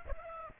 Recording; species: mosquito wingbeat signal from an infrared sensor; Aedes aegypti